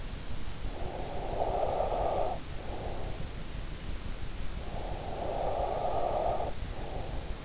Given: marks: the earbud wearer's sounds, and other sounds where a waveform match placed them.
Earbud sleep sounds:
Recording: sounds in sleep by an in-ear microphone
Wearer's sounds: breath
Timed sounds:
0.33-3.36 s: breath
4.43-7.45 s: breath

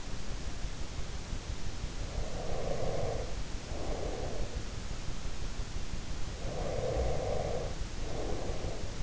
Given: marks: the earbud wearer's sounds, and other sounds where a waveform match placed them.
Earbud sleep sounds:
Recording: sounds in sleep by an in-ear microphone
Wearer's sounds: breath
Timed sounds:
1.98-4.65 s: breath
6.20-9.03 s: breath

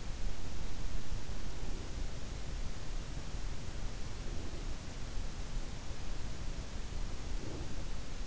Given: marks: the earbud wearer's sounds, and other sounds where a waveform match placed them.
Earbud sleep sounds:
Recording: sounds in sleep by an in-ear microphone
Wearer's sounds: breath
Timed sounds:
1.07-2.53 s: breath
4.03-5.08 s: breath
6.83-7.87 s: breath

